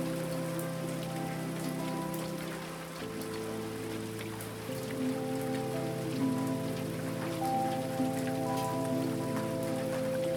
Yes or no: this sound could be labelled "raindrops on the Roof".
yes